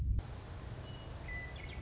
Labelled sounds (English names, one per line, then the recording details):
Western Meadowlark
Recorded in Sonoma County, California